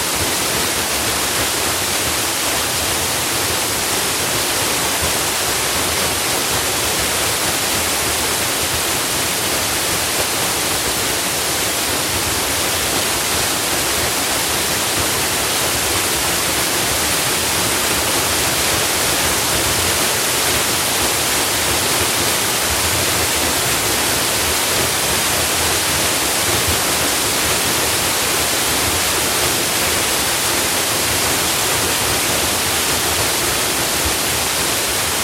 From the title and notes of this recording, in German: Wasserfall im Allgäu. Ambient 3D-Sound. Das mächtige Rauschen des Wasserfalls schneidet durch die Ruhe in der Natur des Allgäus. Du bist auf einer Wanderung in einem Wald in der Nähe von Oberstdorf.